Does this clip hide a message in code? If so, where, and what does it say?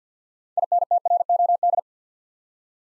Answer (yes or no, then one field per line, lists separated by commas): yes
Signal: Morse code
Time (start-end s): 0.6-1.8 s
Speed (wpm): 50 wpm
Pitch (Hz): 700 Hz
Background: none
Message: INTROD